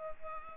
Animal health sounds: mosquito wingbeat signal from an infrared sensor; Culex pipiens

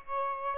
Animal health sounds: mosquito wingbeat signal from an infrared sensor; Aedes aegypti

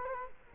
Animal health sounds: mosquito wingbeat signal from an infrared sensor; Culex quinquefasciatus

